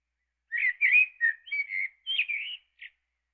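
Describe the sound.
Eastern blackbird song phrase of rich, slurred whistles, six short notes in quick succession with a brief final note, on a quiet background.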